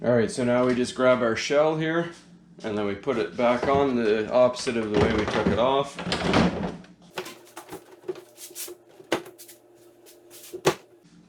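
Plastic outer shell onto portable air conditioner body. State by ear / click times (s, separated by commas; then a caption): seated / 9.1 s, 10.7 s. The plastic outer shell of an RCA portable air conditioner is refitted onto the unit after its coils were cleaned. Someone talks for the first six seconds, followed by handling and rattling of the plastic housing. The shell clicks into place with sharp snaps at 9.1 and 10.7 seconds.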